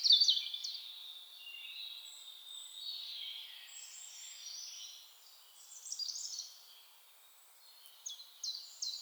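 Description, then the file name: European robin song: thin, high warbling phrases that blur and overlap, followed by a few sharp, high notes near the end. "Erithacus rubecula"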